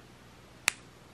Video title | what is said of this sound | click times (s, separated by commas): Vlog: Valentines day/Buying an IPad & Haul: XIXI, White Tanuki, Yours Truly | and then you'll hear that little snap. | 0.7 s